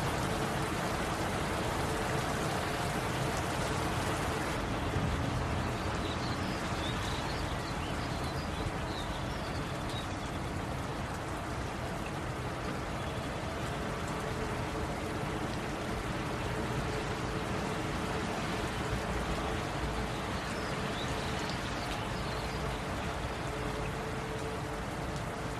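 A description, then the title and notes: Rain falls in a steady, dense hiss that holds at an even level for the whole stretch, without pauses or swells. A faint low hum runs underneath throughout, and a few soft, high chirping calls come and go around the middle and again near the end. Serene Rain.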